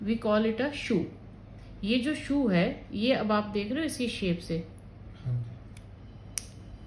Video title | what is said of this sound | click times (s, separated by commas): oticon minimum BTE 22000 with shoo and hi pro | ये click की आवाज आई, ये शू इसमें फिट हो गया। | 6.4 s